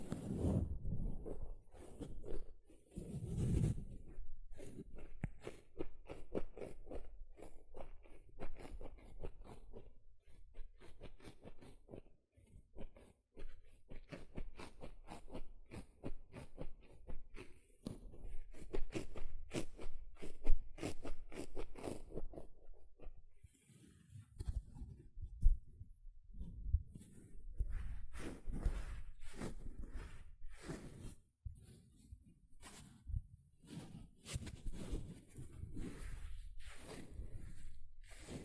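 A sponge is scratched, squished and brushed in a dense run of short, rough strokes that repeat quickly and fairly regularly for most of the 38 seconds. Around 24 seconds the strokes turn lower and heavier, with wetter squishing thumps that continue to the end.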